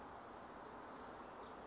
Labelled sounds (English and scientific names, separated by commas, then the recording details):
Song Sparrow (Melospiza melodia)
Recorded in Sonoma County, California